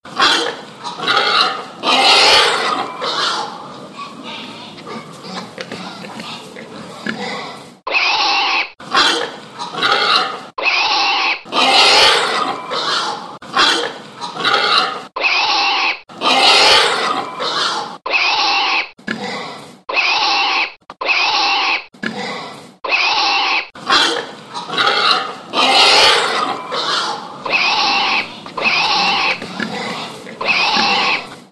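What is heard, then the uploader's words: Hogs squeal and scream in loud, shrill bursts, packed densely for the first eight seconds. After that the cries come as repeated separate shrieks, each about a second long with brief silences between, continuing steadily to the end, piercing. Hog Sounds. Hog pig boar screams sound effects.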